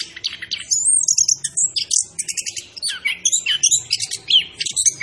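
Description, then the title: Orange-headed thrush singing fast, tumbling phrases of high thin whistles, buzzy trills and quick slurred notes, delivered almost without a break over a soft low hum. Called Anis Kembang, singing vigorously (gacor); labelled Macan B2. "Anis Kembang Gacor. Suara Anis Kembang Macan B2"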